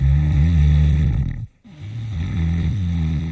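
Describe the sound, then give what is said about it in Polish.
Loud, low, rattling human snoring, caused by the walls of the palate sagging and narrowing the airway: one long throaty snore, a brief silent pause, then another rumbling snore with a rough, vibrating texture. “No to jest naturalne oddychanie, tyle tylko, że opadają ściany podniebienia, zwęża się ten otwór, przez który przepływa powietrze, no i powoduje takie dziwne dźwięki.”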